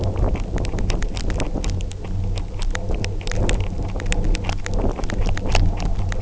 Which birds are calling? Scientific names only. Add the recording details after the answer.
none. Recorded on Arctic tundra, site UTQI-0, on 29 June 2018. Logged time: 08:00